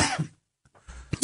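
One harsh, noisy cough burst, then a softer follow-on sound; an adult man coughing while fighting a cold.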